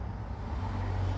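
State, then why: Not seated. During a nitro tune-up, a fuel rail fitting is handled as it is pushed toward its intake/injector port on the engine. Only a steady low rumble is heard for 1.2 seconds, with no sharp hits. Nothing has seated or clicked yet.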